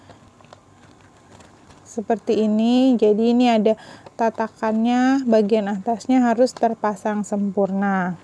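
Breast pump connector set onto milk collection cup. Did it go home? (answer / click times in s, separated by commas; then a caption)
yes / 0.4 s, 0.5 s. The assembled connector set of an Imani i2+ hands-free breast pump is pressed down onto its plastic milk collection cup, giving a short, faint double tap at about 0.5 s as it seats fully. Someone then talks from about 2 s to the end.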